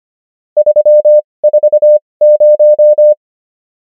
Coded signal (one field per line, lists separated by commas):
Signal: Morse code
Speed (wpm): 25 wpm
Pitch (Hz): 600 Hz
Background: none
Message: 340